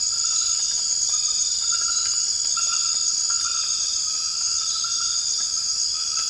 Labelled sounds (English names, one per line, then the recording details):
none
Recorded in dense forest near Puerto Asís, Putumayo, Colombia, on 12 March 2025 at 02:30
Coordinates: 0.485, -76.318
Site G056